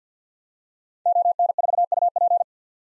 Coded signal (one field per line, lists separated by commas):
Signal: Morse code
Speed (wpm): 50 wpm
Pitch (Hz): 700 Hz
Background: none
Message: ON4UP